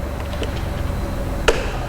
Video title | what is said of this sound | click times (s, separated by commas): Bestop Trektop NX PLUS - Morris 4x4 Center | simple is that you connect the back and just push it forward and you'll hear it snap into place | 1.5 s